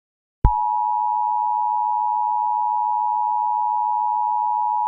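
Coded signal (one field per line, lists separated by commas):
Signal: Emergency Alert System (SAME) tones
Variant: 853 and 960 Hz attention tone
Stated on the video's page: Fictional EAS scenario, simulated alert.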